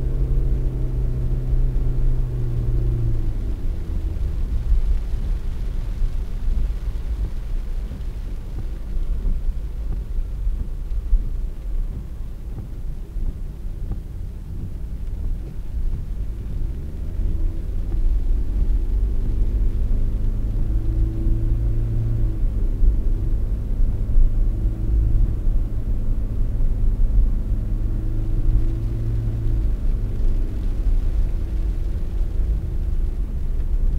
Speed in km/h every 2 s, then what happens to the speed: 45, 59, 61, 59, 54, 45, 38, 29, 24, 19, 18, 29, 46, 56, 59, 61, 61.
0-5 speeds up to 61. 5-20 slows to 18. 20-29 speeds up to 61.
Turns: 13-22.